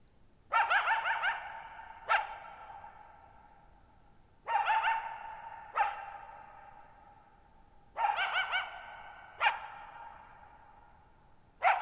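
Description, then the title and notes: Coyote barking and yipping repeatedly, paired calls every few seconds with wavering yips and sharp barks, each ringing out in long reverberation. Lone coyote calling at night, July 14, 2019, near Thirtymile Meadows, Okanogan National Forest, Okanogan High Country, Pacific Northwest, 6400 ft (1950 m), shallow bowl-shaped meadow on a high dry plateau. "Lone Coyote at Thirtymile Meadows. night of July 14, 2019, camped near Thirtymile Meadows in the Okanogan National Forest at 6400 ft (1950 m)"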